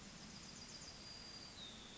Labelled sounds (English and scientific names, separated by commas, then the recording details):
Yellowhammer (Emberiza citrinella) song
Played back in forest
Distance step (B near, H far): F
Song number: 116